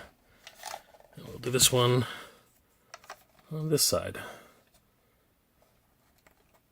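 A plastic side piece is handled against the other side of a toy vehicle while someone talks, with a few faint light ticks and taps between the speech. The clip ends before the part goes home, so nothing has seated or clicked yet.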